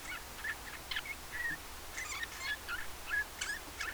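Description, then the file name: Eurasian bullfinch calling in soft, short whistles roughly every half second to second, among crisp clicking and rustling sounds. "Pyrrhula pyrrhula"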